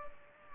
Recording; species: mosquito wingbeat signal from an infrared sensor; Culex pipiens